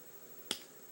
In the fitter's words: you can see it just pops right in there just a little plunger like pop to let you know it's in there